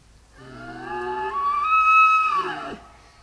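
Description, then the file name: Tule elk bugling: a low grunting start climbs into a long high whistled tone that holds, then drops sharply and ends abruptly. Male. "Cervus elaphus nannodes 1 male"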